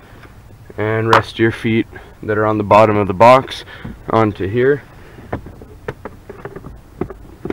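In a Pontiac Vibe / Toyota Matrix, the engine computer module box is being set back onto its mounting bracket, with the feet on the bottom of the box lined up to press onto it. Someone talks for the first five seconds, then brief, sharp handling ticks and knocks come at about 5.3, 5.9, 6.1, 7.0 and 7.5 seconds. The box has not seated or clicked into place yet.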